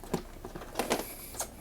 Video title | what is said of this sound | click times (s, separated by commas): รีวิว รถเข็นพับได้แบบกล่อง LONTAI 8ล้อ 4ล้อ รถเข็นใส่ของพับได้ รถเข็นพกพา รถเข็นจ่ายตลาดขึ้นบันไดได้ | โอเคดันพื้นลงไปจนดังแก๊กนะครับมันจะต้องลงสลักกันสังเกตดูตรง | 0.8 s, 0.9 s